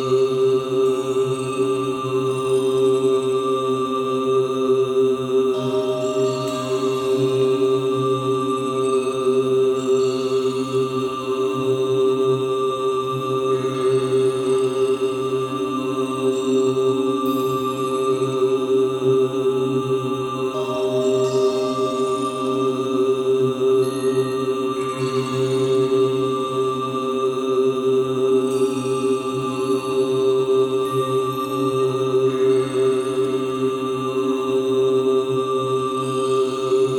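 Inside a Buddhist monastery temple in the Himalayas, a steady, ringing drone of sustained tones hums unbroken, with faint shifting overtones throughout.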